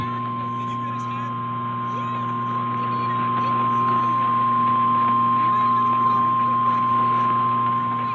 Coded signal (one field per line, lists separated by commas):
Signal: Emergency Alert System (SAME) tones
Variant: 1050 Hz attention tone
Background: speech